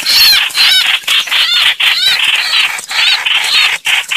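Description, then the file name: Red-whiskered bulbul distress call: continuous harsh scolding with curving whistled notes rising and falling, several phrases in quick succession. Distress call (crying for help). "Tieng trao trao keu cuu"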